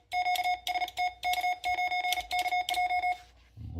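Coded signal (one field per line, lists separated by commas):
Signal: Morse code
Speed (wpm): 38 wpm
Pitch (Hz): 720 Hz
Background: none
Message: QST K9KJ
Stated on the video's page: Morse sent on a GHD telegraph key made in Sendai City, Japan, with very smooth action.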